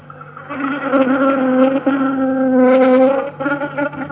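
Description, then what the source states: Honey bee drones' wing beats, a steady low buzzing hum with rich harmonics, loud through most. Honey bee drones in free flight; the track includes one slightly higher-pitched wing beat of a worker among the drones.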